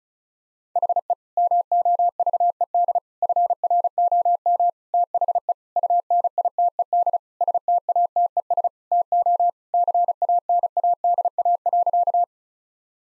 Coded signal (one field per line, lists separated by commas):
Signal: Morse code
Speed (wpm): 34 wpm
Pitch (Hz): 700 Hz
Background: none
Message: HE MOVED FROM THE UNITED STATES TO CANADA.